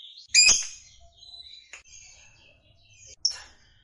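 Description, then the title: Lovebird giving a few sharp, high squeaky chirps separated by brief pauses. Fighter lovebird singing energetically (gacor). "Berkat SUARA Lovebird FIGHTER GACOR Ini"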